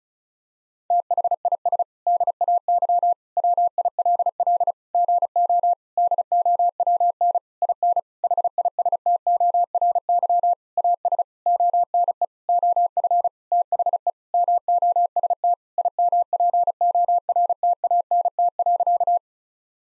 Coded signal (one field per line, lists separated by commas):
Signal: Morse code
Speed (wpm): 36 wpm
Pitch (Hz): 700 Hz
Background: none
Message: THIS DAY WILL GO DOWN IN HISTORY AS ONE OF THE MOST IMPORTANT.